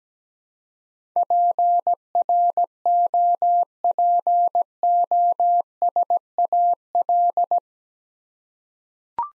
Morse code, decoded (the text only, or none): PROPOSAL